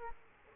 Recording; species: mosquito wingbeat signal from an infrared sensor; Aedes aegypti